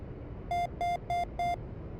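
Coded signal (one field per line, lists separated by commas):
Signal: beep code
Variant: Mirage 2000C TAF datalink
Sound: four evenly spaced short buzzy beeps at about 700 Hz, then quiet hiss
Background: background hiss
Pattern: 4 short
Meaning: Four beeps signal the TAF datalink connecting or an information update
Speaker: so the four beeps you just heard were taft connecting they will also do this four beeps whenever there is an update to the information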